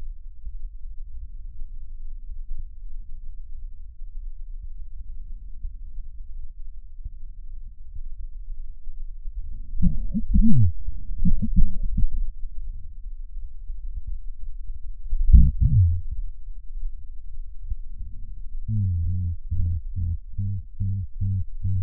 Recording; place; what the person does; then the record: lung sounds by stethoscope; left posterior apical chest; quiet breathing, then cough and speech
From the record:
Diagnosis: none (healthy); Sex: male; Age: 34 years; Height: 174 cm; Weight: 93 kg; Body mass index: 30.7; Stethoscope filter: bell mode